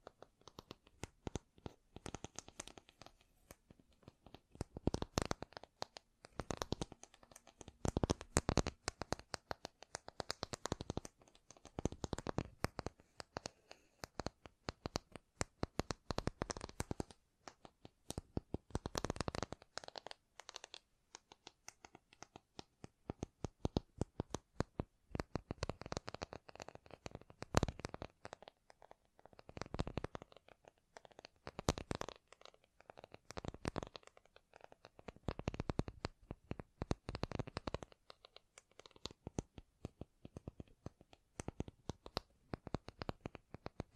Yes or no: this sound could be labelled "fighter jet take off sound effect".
no